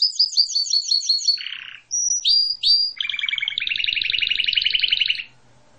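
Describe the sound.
Canary singing: quick falling chirps, a short harsh buzz, clear high whistles, then a long rapid rolling trill that stops abruptly before quiet.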